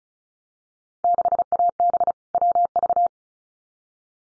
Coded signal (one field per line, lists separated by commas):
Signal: Morse code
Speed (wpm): 34 wpm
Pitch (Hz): 700 Hz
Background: none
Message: 6AB WV